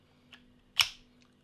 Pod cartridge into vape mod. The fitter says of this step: you slide it back into the mod until it clicks down then you push the lock across and that ain't going nowhere now